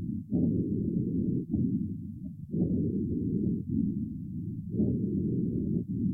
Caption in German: Stimulation der Atmung mit einem Analeptikum nimmt die Lautstärke der Atemgeräusche erheblich zu. Ein- und Ausatmungsgeräusche sind deutlich hörbar und bei einem gesunden Pferd frei von Nebengeräuschen.